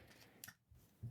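The two release levers on a metal PCS quick release system for a Rycote microphone rig are pulled down, and the pistol-grip handle comes right off. A sharp click at 0.4 s is followed by a softer click at 0.5 s, then a low thump near 1.0 s. The handle is released from the quick release system.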